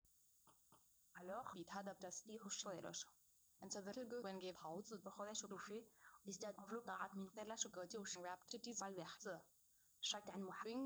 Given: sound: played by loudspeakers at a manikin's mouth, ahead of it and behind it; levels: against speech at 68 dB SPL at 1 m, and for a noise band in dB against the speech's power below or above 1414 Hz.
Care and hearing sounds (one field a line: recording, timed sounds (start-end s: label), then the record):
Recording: test signals for a remote microphone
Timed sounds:
0.50 s: click
0.75 s: click
1.12-10.86 s: speech test signal (ISTS)
From the record:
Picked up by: remote receiver E, fed by microphone B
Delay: 43 ms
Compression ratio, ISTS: 2.13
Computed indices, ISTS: SII 0.995, HASPI 0.992, HASQI 0.396 (non-linear 0.450, linear 0.880), ESTOI 0.808